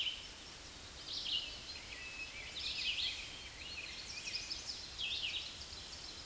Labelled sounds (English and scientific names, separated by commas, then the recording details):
Red-eyed Vireo (Vireo olivaceus) song
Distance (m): 20 m
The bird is about 10 m above the microphone
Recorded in a Pennsylvania forest on 16 May 2024 at 06:59
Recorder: AudioMoth, point MSD-2201
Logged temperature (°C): 15.5 °C
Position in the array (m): 159 m, 66 m